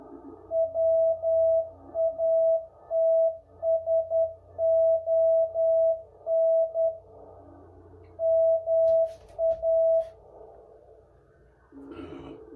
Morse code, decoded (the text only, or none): WATSON MA